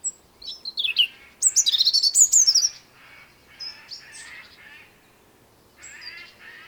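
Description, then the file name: European robin song with a fast burst of bright, jangling high notes, then softer, lower warbled phrases separated by short pauses. "Erithacus rubecula"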